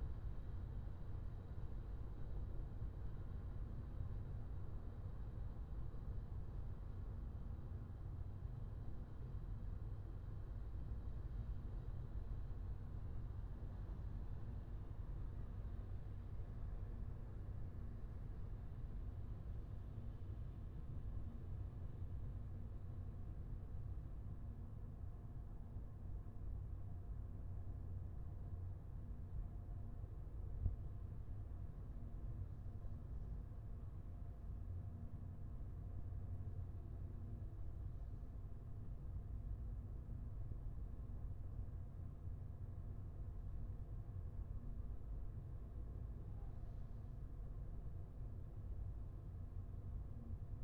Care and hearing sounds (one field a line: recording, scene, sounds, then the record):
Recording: everyday scene through a hearing-aid microphone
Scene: in a vehicle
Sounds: engine, highway driving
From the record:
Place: Skoda Fabia, gasoline engine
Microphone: behind the ear, left, rear